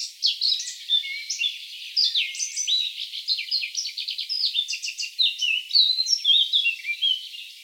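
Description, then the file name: Eurasian blackcap delivering a continuous stream of varied, high-pitched warbled notes with little pause throughout. "Sylvia atricapilla"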